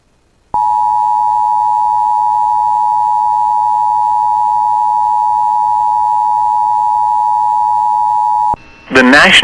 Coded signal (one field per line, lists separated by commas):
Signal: Emergency Alert System (SAME) tones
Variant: 853 and 960 Hz attention tone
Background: speech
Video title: [EAS] Severe Thunderstorm Warning for Northern Beltrami County (July 13, 2024)